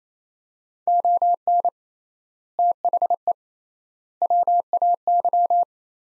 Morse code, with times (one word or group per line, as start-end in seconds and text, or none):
0.9-1.7 ON
2.6-3.3 THE
4.2-5.6 WAY